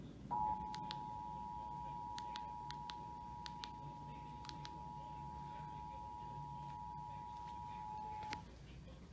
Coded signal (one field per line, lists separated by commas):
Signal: Emergency Alert System (SAME) tones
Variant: 853 and 960 Hz attention tone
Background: speech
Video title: EAS Alert #39-43 - Required Monthly Test on Comcast and 4 other stations [9/16/20]